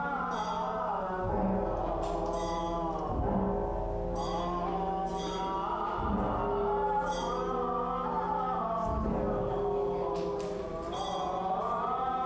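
Sounds from a famous temple in Taipei: a dense, sustained wash of ringing bell-like tones and voices, layered pitches sliding and overlapping. Soft strikes recur about every two to three seconds, around 1.3, 3.2, 6, and 9 seconds, over a steady low hum.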